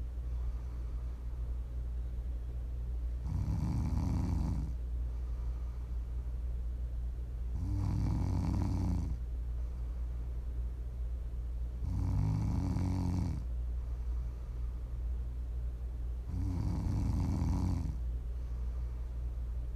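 Four low, rumbling snores about every 4.5 seconds, roughly 13 breaths a minute, from an adult sleeping, over steady background hum; offered as ASMR for listening to sleep or relax.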